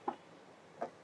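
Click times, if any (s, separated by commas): 0.1 s, 0.8 s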